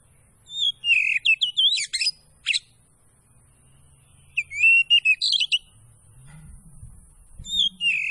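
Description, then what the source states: Oriental Magpie-robin singing quick whistled and chirping phrases in bursts, with a low rumbling noise in the background toward the end. Kacer Poci variety; singing gacor, meaning vigorously.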